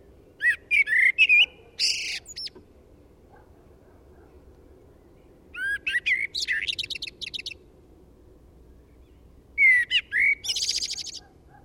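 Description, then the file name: Eurasian blackbird song in three separate bursts, each a few mellow whistled notes followed by a scratchy, high chattering twitter, with quiet gaps of a few seconds. "Turdus merula"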